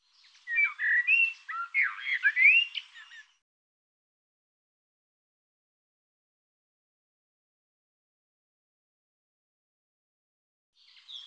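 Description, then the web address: Bird singing a short burst of jumbled chirps and quick whistled notes for about three seconds, then a long silence and a brief new start at the end. "cianscape birddata Deverinetal Bird Tu Me Tu Me"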